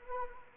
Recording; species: mosquito wingbeat signal from an infrared sensor; Anopheles arabiensis